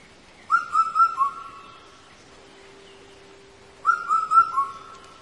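Indian cuckoo giving a four-note whistled phrase twice, roughly three seconds apart, with the final note dropping in pitch; a faint steady low hum runs underneath.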